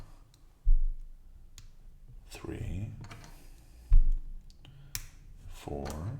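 A plastic petal brick part is pressed onto a white plastic wheel piece and clicks into place at 1.6 s, the next in a series of seated parts. Someone talks, and further small clicks follow.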